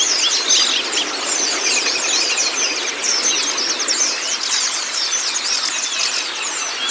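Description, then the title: White-eye song: fast, high twittering and sharp chirps crowding together nonstop. Training recording (masteran) of white-eye (pleci kacamata si putih) song, meant to get a silent (bisu) pleci singing constantly (gacor). "mster Mnuk. Terapi Pleci Bisu Menjadi Gacor Abis. Masteran Pleci Kacamata Si Putih"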